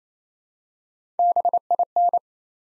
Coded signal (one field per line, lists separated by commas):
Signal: Morse code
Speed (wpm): 28 wpm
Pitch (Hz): 700 Hz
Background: none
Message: BIN